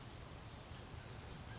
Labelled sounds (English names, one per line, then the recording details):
Western Flycatcher
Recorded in Sonoma County, California